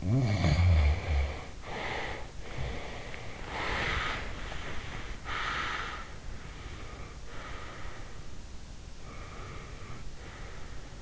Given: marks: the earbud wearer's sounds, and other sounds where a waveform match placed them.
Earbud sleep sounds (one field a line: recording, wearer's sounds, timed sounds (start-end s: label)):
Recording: sounds in sleep by an in-ear microphone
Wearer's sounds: snoring breath, breath, body movement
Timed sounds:
0.00-2.33 s: snoring breath
2.44-4.38 s: breath
3.08-5.29 s: body movement
4.47-6.17 s: breath
6.32-8.36 s: breath
8.97-11.02 s: breath